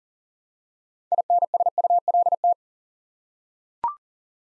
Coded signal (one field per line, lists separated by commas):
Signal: Morse code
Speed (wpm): 40 wpm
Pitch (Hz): 700 Hz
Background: none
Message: INSULT